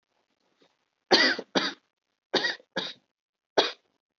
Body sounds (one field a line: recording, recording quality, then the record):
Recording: shallow voluntary cough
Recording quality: excellent, no background noise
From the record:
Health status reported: healthy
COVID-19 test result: negative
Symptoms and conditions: none ticked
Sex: male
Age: 18 years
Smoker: not ticked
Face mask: worn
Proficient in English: yes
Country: India